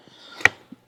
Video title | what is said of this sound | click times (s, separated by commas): 2013 Ford Fusion hood wont release! How to repair and get it open EXPLAINED! | and that you can feel it just pops right in so what it does is it goes right across there | 0.5 s